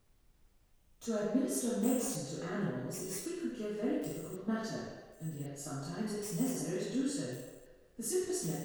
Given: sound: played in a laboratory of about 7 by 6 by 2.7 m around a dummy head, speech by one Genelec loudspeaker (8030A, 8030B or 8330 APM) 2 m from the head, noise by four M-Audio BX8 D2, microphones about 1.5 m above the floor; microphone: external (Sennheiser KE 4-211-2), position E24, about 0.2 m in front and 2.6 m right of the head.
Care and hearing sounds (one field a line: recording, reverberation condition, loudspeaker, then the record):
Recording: female speech in English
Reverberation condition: high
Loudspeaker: 30 degrees to the right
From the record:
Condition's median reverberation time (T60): about 1300 ms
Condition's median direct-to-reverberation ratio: about -4.0 dB